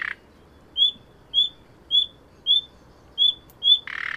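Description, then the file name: Common nightingale calls: six evenly spaced, thin whistled notes, with a rough rasping sound at the start and again at the end. "Luscinia megarhynchos"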